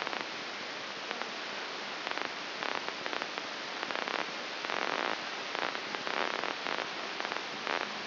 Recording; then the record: brain microelectrode recording played as sound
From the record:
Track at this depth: outside the subthalamic nucleus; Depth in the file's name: 8.504 mm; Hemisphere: left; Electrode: 2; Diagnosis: Parkinson's disease